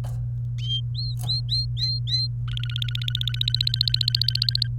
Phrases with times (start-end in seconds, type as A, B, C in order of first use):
0.95-2.27 A, 2.48-4.68 B